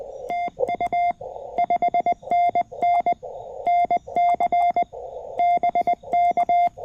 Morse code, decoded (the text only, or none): TU 5NN NC BK